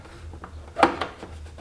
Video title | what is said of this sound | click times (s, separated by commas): Can-am X3 first oil change & service How to do it yourself | just locks in place like so | 0.8 s, 1.0 s